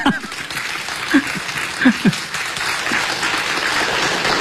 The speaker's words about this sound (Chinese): 大家要不要鼓鼓掌？